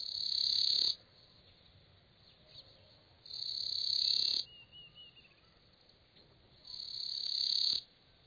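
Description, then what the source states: Winding Cisticola song: three buzzy, trilling phrases, each about a second long, about three seconds apart, with quieter pauses between. Urgent winding-up song whose meaning is not entirely clear.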